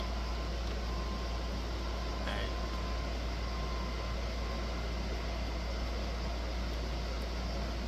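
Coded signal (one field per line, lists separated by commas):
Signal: FT8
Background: speech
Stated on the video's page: FT8 on 6 meters.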